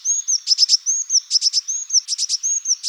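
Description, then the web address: Eurasian blue tit calling: high, thin whistled notes alternating with quick bursts of three sharp notes. The pattern repeats steadily about every three-quarters of a second. "Parus caeruleus"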